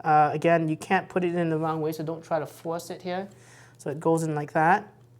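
An SD memory card is pushed into the card slot of a Fujifilm FinePix XP70 camera while someone talks throughout. The card has been handled and is being guided in, but nothing has seated or clicked yet.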